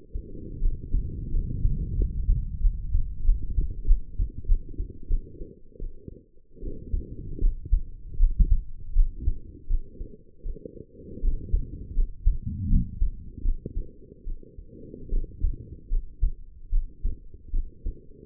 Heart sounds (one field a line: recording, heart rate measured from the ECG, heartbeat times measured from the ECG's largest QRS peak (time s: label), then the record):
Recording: heart sounds by stethoscope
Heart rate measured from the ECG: 82 bpm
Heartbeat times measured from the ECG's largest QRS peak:
0.59 s: heartbeat
1.30 s: heartbeat
1.96 s: heartbeat
2.60 s: heartbeat
3.23 s: heartbeat
3.85 s: heartbeat
4.46 s: heartbeat
5.08 s: heartbeat
5.79 s: heartbeat
6.60 s: heartbeat
7.40 s: heartbeat
8.17 s: heartbeat
8.93 s: heartbeat
9.67 s: heartbeat
10.43 s: heartbeat
11.21 s: heartbeat
11.94 s: heartbeat
12.68 s: heartbeat
13.42 s: heartbeat
14.24 s: heartbeat
15.10 s: heartbeat
15.89 s: heartbeat
16.70 s: heartbeat
17.51 s: heartbeat
From the record:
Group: healthy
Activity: rest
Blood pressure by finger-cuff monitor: 104/72 mmHg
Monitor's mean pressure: 84 mmHg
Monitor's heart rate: 80 bpm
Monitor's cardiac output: 6 L/min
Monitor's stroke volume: 74 mL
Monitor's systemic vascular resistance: 1010 dyn s/cm5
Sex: female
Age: 22 years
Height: 160 cm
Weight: 45 kg